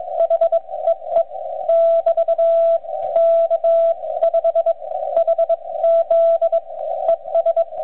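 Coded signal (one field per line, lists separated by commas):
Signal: Morse code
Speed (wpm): 21 wpm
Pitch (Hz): 660 Hz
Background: radio noise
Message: HEE <BT> K5HZ ES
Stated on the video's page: Ragchew on 80 m using straight keys and bugs, received on ICOM IC-746 Pro and recorded with an RCA pocket voice recorder.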